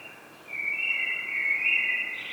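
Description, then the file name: Common blackbird song: a smooth, sustained mellow warble that wavers gently in pitch and ends in a brief higher note. "Turdus merula"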